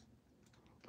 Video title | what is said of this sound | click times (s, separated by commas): Transformers Review: Fans Toys FT-48 JIve (Jazz) // P4L Reviews | and get this shoulder joint locked into place | 0.8 s